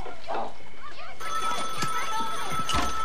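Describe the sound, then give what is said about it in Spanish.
A telephone rings with a steady, high-pitched trilling tone that starts about a second in and continues to the end, preceded by a brief murmur of voice. “está sonando el maldito teléfono.”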